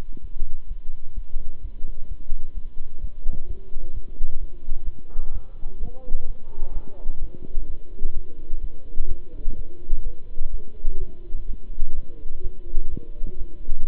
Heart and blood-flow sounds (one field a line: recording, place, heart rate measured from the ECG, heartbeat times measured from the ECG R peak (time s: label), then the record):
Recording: heart sounds by stethoscope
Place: between the tricuspid and mitral areas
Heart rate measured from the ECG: 128 bpm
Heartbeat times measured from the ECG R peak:
0.20 s: heartbeat
0.67 s: heartbeat
1.14 s: heartbeat
1.61 s: heartbeat
2.07 s: heartbeat
2.54 s: heartbeat
3.00 s: heartbeat
3.46 s: heartbeat
3.93 s: heartbeat
4.39 s: heartbeat
4.83 s: heartbeat
5.31 s: heartbeat
5.78 s: heartbeat
6.25 s: heartbeat
6.72 s: heartbeat
7.19 s: heartbeat
7.66 s: heartbeat
8.13 s: heartbeat
8.60 s: heartbeat
9.07 s: heartbeat
9.55 s: heartbeat
10.02 s: heartbeat
10.50 s: heartbeat
10.98 s: heartbeat
11.46 s: heartbeat
11.93 s: heartbeat
12.41 s: heartbeat
12.89 s: heartbeat
13.36 s: heartbeat
13.84 s: heartbeat
From the record:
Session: Bruce protocol treadmill stress test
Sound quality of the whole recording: good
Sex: male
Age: 26 years